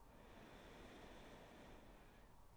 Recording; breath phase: one breath near a microphone; inhalation